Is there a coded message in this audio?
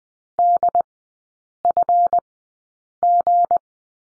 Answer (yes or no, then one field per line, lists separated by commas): yes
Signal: Morse code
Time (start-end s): 0.4-3.6 s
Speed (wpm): 20 wpm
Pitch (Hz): 700 Hz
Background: none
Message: DFG